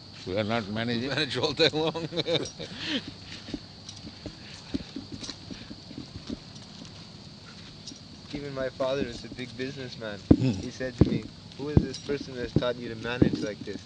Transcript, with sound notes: You are not managing?
We manage all day long. [laughing]
Even my father is a big businessman, he said to me, "Who is this person that taught you to manage like this?"